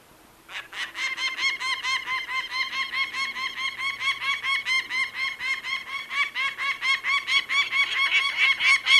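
Peregrine falcon uttering a harsh cacking series of rapid repeated notes over a faint low background hum.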